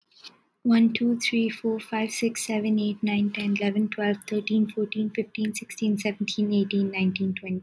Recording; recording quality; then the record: counting at a fast pace; excellent, no background noise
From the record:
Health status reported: healthy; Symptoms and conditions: none ticked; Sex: female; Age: 20 years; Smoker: not ticked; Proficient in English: yes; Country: India